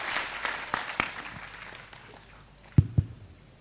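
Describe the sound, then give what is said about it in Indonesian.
A crowd at a night-time gathering claps in a dense patter of many hands that gradually thins out and fades, ending with a couple of low thumps near the close. “Sekarang tepuk tangan untuk silaturahmi kegembiraan kita pada malam hari ini.”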